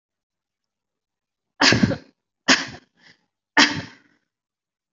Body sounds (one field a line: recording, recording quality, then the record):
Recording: shallow voluntary cough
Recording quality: excellent, no background noise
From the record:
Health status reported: respiratory illness, not identified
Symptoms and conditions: asthma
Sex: female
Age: 22 years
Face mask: not worn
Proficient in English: yes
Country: India